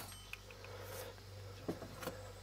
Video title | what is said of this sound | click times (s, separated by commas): How To: Quick Disconnect / Push Lock Fuel Line Release Tool, Transmission Fitting 3D Printed | just push it back on till you hear it snap and | 0.3 s